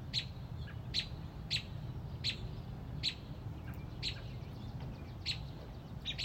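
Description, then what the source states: Robin calling with short, sharp chirps repeated roughly every half to one second against low background rumble. Mother robin protecting a newly hatched chick on a front porch.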